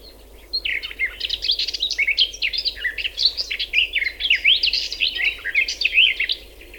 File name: slavka sadovaja